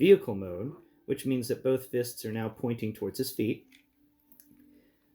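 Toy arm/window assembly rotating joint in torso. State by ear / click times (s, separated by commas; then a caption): not seated / none. Someone talks while the plastic arm and window assembly in the torso of a transforming toy is spun 180 degrees into vehicle mode, with both fists pointing toward its feet. After the talking stops, a few faint ticks come at about 4.3 and 4.4 seconds. The joint does not lock into place, and nothing has clicked yet.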